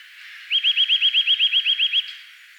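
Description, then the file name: Eurasian nuthatch uttering one brisk trill of about twelve clear, rising whistled notes lasting roughly a second and a half. "Sitta europaea"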